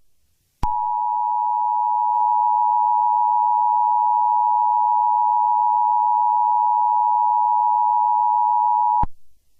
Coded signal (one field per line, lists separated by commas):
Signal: Emergency Alert System (SAME) tones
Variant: 853 and 960 Hz attention tone